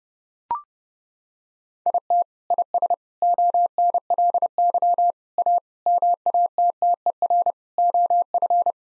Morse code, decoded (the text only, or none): IT IS ONLY A MATTER OF